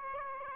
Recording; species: mosquito wingbeat signal from an infrared sensor; Aedes aegypti